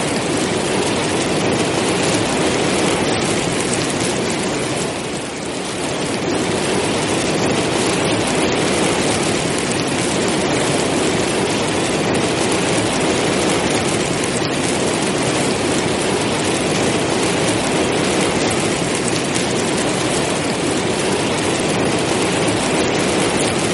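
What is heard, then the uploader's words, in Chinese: Heavy rain pours down in a dense, steady roar that fills the whole range from low rumble to bright hiss. The downpour stays nearly constant for the full stretch, with only a slight easing around five seconds before it surges back. 雷雨声：暴雨。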